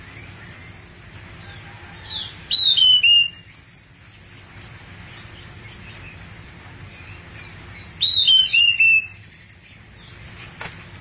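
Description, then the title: Thrush singing two short whistled phrases of quick descending notes, separated by a long pause, with a faint low hum underneath. "burung anis"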